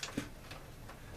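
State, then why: Seated. The old, cheap plastic case clips of a vintage Amstrad PC1512 computer are pressed back into the computer case during reassembly. Two small, sharp plastic clicks are heard at 0.0 and 0.5 seconds, against a faint background. The clips snap home and are seated.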